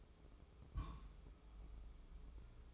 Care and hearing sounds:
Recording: daily activity, microphone in the room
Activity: place on stove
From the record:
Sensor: 1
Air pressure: 995.5 hPa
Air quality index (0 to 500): 30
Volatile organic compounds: 1 ppm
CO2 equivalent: 560 ppm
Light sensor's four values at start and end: 29/102/39/40 and 29/102/39/40

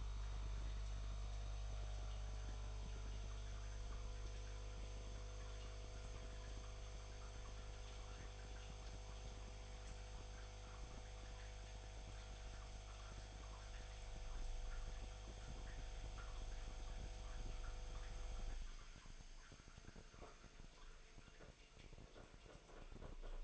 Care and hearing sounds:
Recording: daily activity, microphone in the room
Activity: make coffee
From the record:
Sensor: 5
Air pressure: 1002.1 hPa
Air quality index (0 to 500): 220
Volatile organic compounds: 26 ppm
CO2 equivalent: 2854 ppm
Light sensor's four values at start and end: 10/24/10/11 and 10/24/10/11

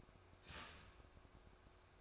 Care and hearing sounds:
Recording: daily activity, microphone in the room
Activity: start toaster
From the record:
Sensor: 2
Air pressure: 1004.1 hPa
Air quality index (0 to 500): 192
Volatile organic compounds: 11 ppm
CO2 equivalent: 2301 ppm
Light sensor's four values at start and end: 4/10/4/4 and 4/10/4/4

